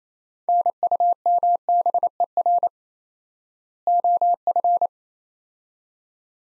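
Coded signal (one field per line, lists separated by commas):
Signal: Morse code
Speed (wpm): 28 wpm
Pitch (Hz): 700 Hz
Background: none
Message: NUMBER OF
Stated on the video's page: 28 wpm Morse drill of two-word sets at 4x word spacing, a Farnsworth-like method; each set is sent, spoken, then sent again.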